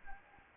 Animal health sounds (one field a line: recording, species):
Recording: mosquito wingbeat signal from an infrared sensor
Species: Anopheles gambiae